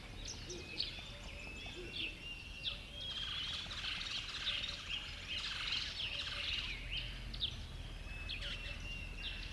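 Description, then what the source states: Birds: bird chorus of overlapping twittering and short whistled phrases, fairly steady throughout, with a soft background hiss. Birds on a river bed at dawn.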